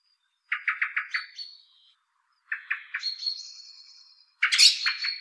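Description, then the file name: Common blackbird giving bursts of harsh, clucking chatter, each followed by a thin, high, drawn-out note. "Turdus merula"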